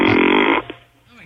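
A single loud, buzzy, purring snore from an adult, lasting about half a second, with a windy, fart-like quality, then fading to quiet room noise.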